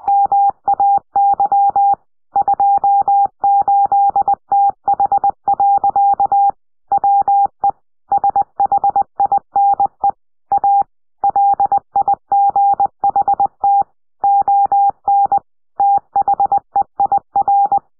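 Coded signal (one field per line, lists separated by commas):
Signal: Morse code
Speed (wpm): 20 wpm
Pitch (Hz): 800 Hz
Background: none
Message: MAY 28TH. WE SHINE A LIGHT ON THEIR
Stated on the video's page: Morse from a Call of Duty Black Ops 6 trailer or Zombies gameplay.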